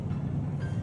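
A hand works the seat post quick-release clamp lever on the seat tube of a RoyalBaby child's bicycle, getting ready to close it and lock the saddle height. Only a steady, low rumbling hum with faint background noise is heard, with no sharp hit. Nothing has seated or clicked yet.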